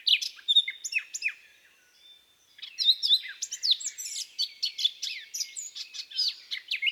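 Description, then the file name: Eurasian blackcap: a short warbled phrase, a brief lull, then a long lively run of chattering and whistled notes. "baratposzata"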